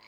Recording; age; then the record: pig call; piglet (1 to 25 days)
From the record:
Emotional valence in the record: positive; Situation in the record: short reunion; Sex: male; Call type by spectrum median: high-frequency call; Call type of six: low-frequency tonal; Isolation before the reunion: 3 minutes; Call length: 0.09 s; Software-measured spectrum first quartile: 1591 Hz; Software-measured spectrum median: 2453 Hz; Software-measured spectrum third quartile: 4278 Hz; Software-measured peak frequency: 2176 Hz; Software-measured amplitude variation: 52 dB a second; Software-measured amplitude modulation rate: 23.4 a second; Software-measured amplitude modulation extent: 2.2 dB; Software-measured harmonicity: 0.3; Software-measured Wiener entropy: -1.10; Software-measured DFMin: 820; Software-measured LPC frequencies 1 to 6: 1000, 2211, 2989, 4132, 4726, 6763 Hz